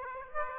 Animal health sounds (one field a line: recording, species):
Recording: mosquito wingbeat signal from an infrared sensor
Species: Aedes aegypti